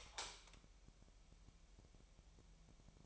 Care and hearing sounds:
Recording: daily activity, microphone in the room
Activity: light on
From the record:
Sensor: 1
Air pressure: 1001.9 hPa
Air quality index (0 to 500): 248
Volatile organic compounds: 51 ppm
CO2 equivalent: 3315 ppm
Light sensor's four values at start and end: 5/11/4/5 and 9/28/10/12

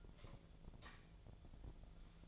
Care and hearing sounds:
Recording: daily activity, microphone in the room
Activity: light off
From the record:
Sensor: 5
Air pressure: 1009.9 hPa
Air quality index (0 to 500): 159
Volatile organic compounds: 4 ppm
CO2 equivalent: 1544 ppm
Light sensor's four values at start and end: 151/385/160/171 and 150/383/160/170

